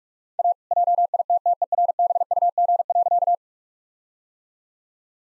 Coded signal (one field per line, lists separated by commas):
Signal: Morse code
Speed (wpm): 45 wpm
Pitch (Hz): 700 Hz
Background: none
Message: A JITTERBUG.